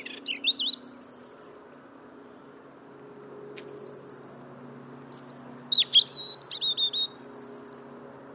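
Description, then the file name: European robin: a short high warble opens, then after a pause a brighter, jumbled phrase of slurred whistles, over a faint low hum. "Erithacus rubecula"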